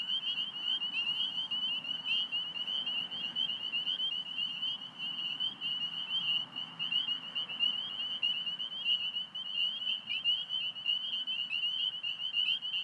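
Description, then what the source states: Spring peepers calling as a steady chorus, shrill overlapping peeps with no gaps, over a faint low hum of passing traffic. Belle View, Alexandria, Virginia, 27 March 2017, 8:06 pm; calling despite recently mowed cattail and grass habitat; traffic from Fort Hunt Rd in background; recorded on iPhone 6+ with Rode Recording app.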